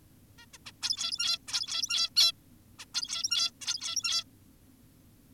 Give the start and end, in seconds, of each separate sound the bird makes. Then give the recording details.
0.38-0.46, 0.54-0.58, 0.66-0.72, 0.82-1.38, 1.48-2.10, 2.16-2.32, 2.79-2.86, 2.94-3.51, 3.62-4.24. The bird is an adult. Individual g17y2U